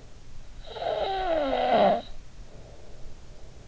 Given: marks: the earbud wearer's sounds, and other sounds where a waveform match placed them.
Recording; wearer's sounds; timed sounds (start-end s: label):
sounds in sleep by an in-ear microphone; snoring breath
0.43-3.49 s: snoring breath